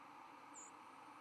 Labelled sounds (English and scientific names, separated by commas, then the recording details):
White-throated Sparrow (Zonotrichia albicollis) flight call
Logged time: 03:42 on 11 November 2014